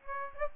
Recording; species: mosquito wingbeat signal from an infrared sensor; Aedes aegypti